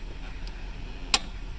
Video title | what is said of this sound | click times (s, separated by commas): Icon by Harbor Freight torque wrench - Harbor freight torque wrench test | that's the click | 1.1 s